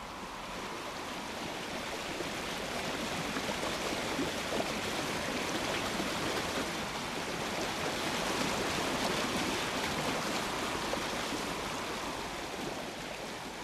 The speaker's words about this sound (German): Ich hörte das Geräusch von Wasser, ein tiefes, fließendes Rauschen. Zuweilen unheimlich still, dann unvermittelt aufschäumend mit der gebrochenen Musik von Wasserfällen, Kaskaden. Der Blue River.